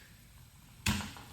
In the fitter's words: you hear that that pop the click and now using this part